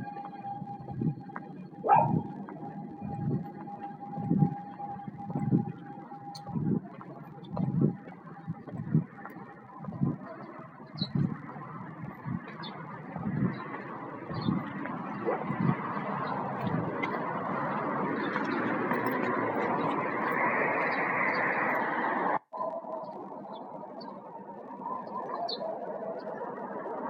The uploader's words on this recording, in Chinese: 清凉的晨风鸟叫。莫如早出来吹吹凉风，听听鸟叫。